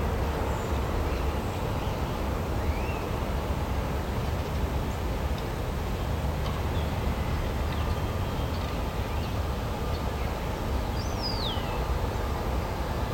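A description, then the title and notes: An outdoor field recording built on a steady, dense low rumble, like traffic or machinery, that holds at an even level throughout. Faint bird chirps rise above it now and then, with a clearer whistling call near the eleven-second mark. Field Recordings. 12.00 PM.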